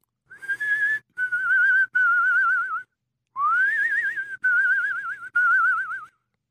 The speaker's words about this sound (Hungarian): Föntről egészen halkan ugyanazt a dallamot hallotta fütyülni.